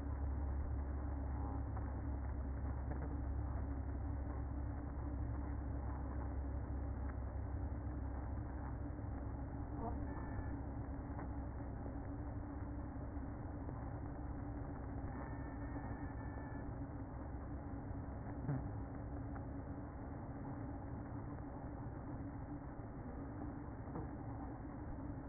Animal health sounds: honeybee colony, microphone inside the hive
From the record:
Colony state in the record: queen present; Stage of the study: after two queens were removed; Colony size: about 60,000 bees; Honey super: yes

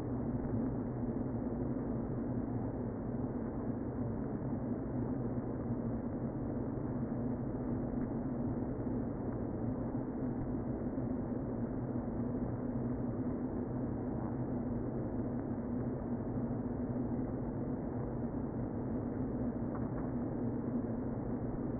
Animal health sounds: honeybee colony, microphone inside the hive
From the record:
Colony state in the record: queen present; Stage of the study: before two queens were removed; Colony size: about 60,000 bees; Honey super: yes

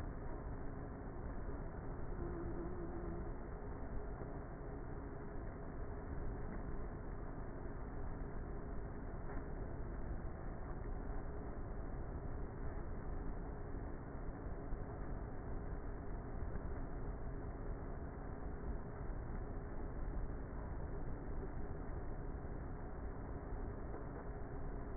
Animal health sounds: honeybee colony, microphone inside the hive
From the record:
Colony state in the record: queenless with a low population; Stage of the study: before two queens were removed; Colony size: about 30,000 bees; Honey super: no

